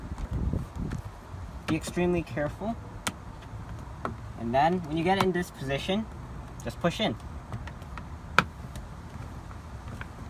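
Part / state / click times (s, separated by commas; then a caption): plastic door trim piece clipping into a car door / seated / 8.4 s. On a 2003–2007 seventh-generation Honda Accord, the plastic mirror-area trim piece is pushed into position on the car door while someone talks. Its plastic clips snap into the door with a sharp click at 8.4 seconds, and the piece is locked in place.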